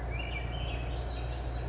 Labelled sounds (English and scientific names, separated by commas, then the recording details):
Swainson's Thrush (Catharus ustulatus)
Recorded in Sonoma County, California